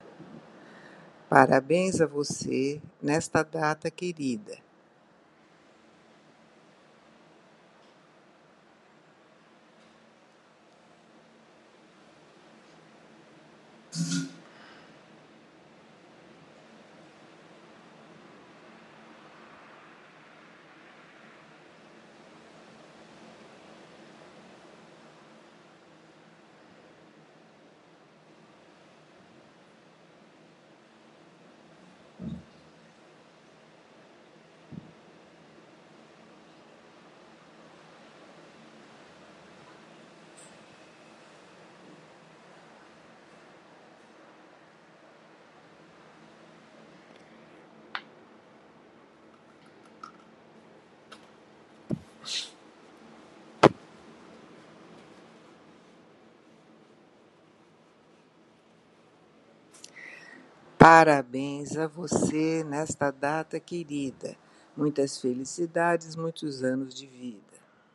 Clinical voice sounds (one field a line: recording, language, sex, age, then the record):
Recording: short text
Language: Brazilian Portuguese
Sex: female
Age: 70 to 79 years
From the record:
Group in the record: control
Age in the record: 74 years